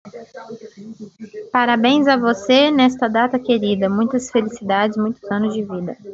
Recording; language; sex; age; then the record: short text; Brazilian Portuguese; female; 20 to 29 years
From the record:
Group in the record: control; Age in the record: 25 years